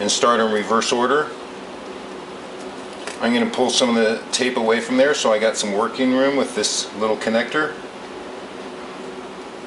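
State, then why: Not seated. Someone talks while replacing the broken screen on an HP Envy M6 laptop, with tape pulled back for working room as the small display cable connector is handled and lined up with its socket. Quiet handling sounds sit under the speech, and the connector has not yet seated or clicked into place.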